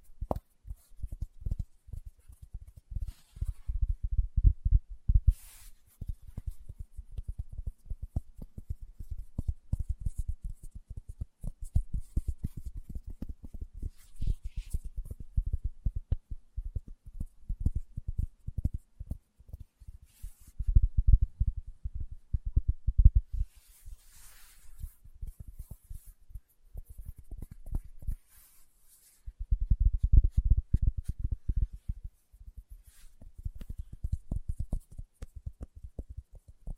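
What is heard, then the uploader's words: Fingertips tap in dense, rapid, low thudding bursts, pausing briefly near 5, 20 and 28 seconds before resuming. ASMR Tapping with Fingertips (No Talking).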